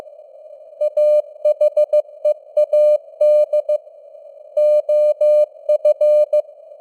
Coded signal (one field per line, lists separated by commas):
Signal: Morse code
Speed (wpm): 15 wpm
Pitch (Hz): 600 Hz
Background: none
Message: AHEAD OF